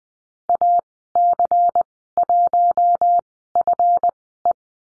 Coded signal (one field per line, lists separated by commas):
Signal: Morse code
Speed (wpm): 20 wpm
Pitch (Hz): 700 Hz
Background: none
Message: AC1FE